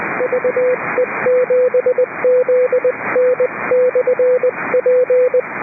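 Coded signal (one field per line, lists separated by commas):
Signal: Morse code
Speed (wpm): 20 wpm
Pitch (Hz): 500 Hz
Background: radio noise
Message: VE7ZN/P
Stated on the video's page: Morse on the British Columbia Public Service Net at 3.729 MHz, with net control operating fully remote from a boat.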